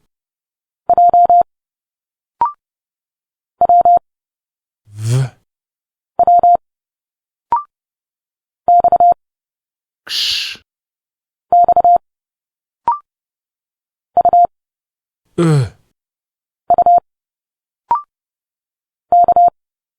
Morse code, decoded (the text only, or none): J W W X X U U K